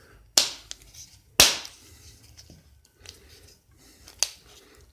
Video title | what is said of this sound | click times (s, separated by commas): Penny Can Stove / Emergency Sterno | good to me snapped into place hell with it uh yeah | 0.4 s, 1.4 s